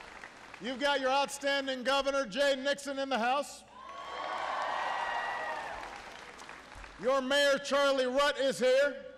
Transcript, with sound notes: You’ve got your outstanding governor, Jay Nixon, in the house. (Applause.) Your mayor, Charlie Rutt, is here.